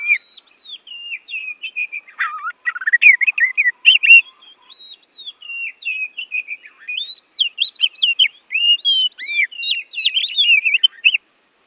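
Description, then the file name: Oriental magpie-robin song, a continuous stream of sweet whistles, quick upslurs and chattering notes, with short pauses between bursts. Bornean form, used for training songbirds. "kacer borneo"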